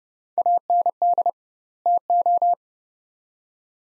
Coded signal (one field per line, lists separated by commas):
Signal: Morse code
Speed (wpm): 29 wpm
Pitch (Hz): 700 Hz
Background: none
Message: AND TO